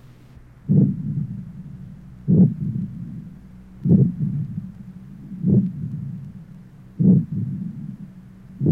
Age 75, loetic aortic aneurysm with aortic insufficiency, aortic area.